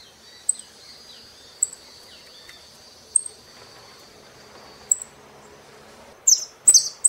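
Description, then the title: Saffron finch song: thin high notes at spaced intervals, then a sudden burst of sharp, chattering chirps at the end. "Jilguero Argentino"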